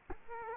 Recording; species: mosquito wingbeat signal from an infrared sensor; Culex quinquefasciatus